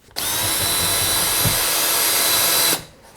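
A power drill drives a drywall screw through drywall, but the screw misses the wooden stud behind it. The drill starts at about 0.2 s and whines steadily until about 2.7 s, then stops. The screw never bites into the wood and just spins, so nothing has seated or clicked.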